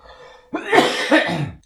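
A single productive cough from an adult man, with a wet quality.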